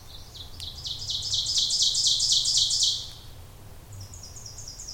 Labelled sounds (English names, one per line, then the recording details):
Ovenbird song
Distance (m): 10 m
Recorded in boreal forest in Alberta, Canada, on 26 May 2016 at 08:26
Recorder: SongMeter 3, array SBT-3-15
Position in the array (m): 36 m, 246 m
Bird 20